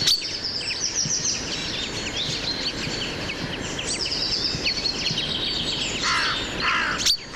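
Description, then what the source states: Common Chaffinch flock calling, a dense overlapping chatter of short high chirps throughout, over a steady rushing background. Flock of 30-40 birds just arrived over the sea on migration, stopped to feed on the south coast; giving calls rather than song, spending all their time eating.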